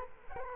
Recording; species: mosquito wingbeat signal from an infrared sensor; Culex quinquefasciatus